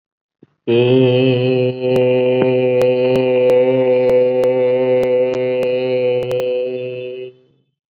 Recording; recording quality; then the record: sustained vowel as in made; excellent, no background noise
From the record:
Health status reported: COVID-19 positive, moderate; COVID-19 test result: positive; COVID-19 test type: RT-PCR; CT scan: not taken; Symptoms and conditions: cough, sore throat, fatigue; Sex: male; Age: 31 years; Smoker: no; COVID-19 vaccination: both doses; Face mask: not worn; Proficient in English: yes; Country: India